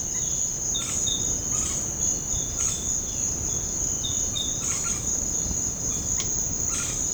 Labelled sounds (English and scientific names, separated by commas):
Crimson-crested Woodpecker (Campephilus melanoleucos)